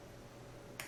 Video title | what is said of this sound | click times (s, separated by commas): 07 XV40 Assemble Console Trim Panel Lighter & Tray | and it should snap right into place | 0.8 s